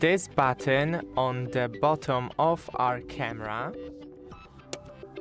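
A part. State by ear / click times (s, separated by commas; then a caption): released / 4.7 s. Someone talks over background music while pressing the release button on the bottom of a plastic Arlo Pro 4 wireless security camera housing, freeing the camera body so the battery can be taken out. A single sharp click is heard at 4.7 s as the button releases and the housing clicks open.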